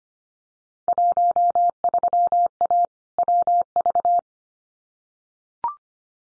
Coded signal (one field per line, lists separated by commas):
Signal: Morse code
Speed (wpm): 25 wpm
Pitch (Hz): 700 Hz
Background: none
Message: 13A WV